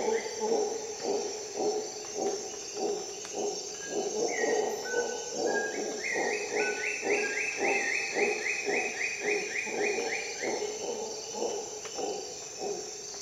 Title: Dawn in Costa Rica jungle - Howler monkey sounds